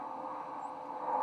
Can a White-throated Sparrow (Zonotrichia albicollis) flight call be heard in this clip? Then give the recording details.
no. Another species' flight call is heard. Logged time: 02:34 on 15 November 2014